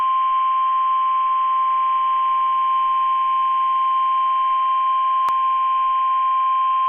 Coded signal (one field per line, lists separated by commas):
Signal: Emergency Alert System (SAME) tones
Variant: 1050 Hz attention tone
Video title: FL Tornado Warning (Hurricane Idalia) EAS #545